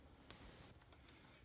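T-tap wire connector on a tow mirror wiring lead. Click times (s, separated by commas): 0.3 s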